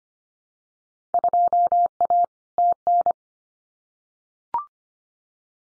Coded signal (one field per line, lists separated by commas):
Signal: Morse code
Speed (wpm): 25 wpm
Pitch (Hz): 700 Hz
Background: none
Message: 2A TN